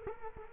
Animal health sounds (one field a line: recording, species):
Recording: mosquito wingbeat signal from an infrared sensor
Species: Culex quinquefasciatus